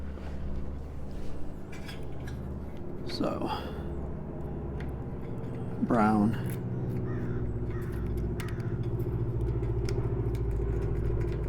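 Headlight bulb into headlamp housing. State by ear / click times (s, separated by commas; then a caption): seated / 9.9 s. A headlight bulb is inserted into a headlamp housing and turned until its retainer tabs lock, over a steady low rumble while someone talks. Small sharp taps come along the way, and a final crisp click at 9.9 s marks the bulb locking into place.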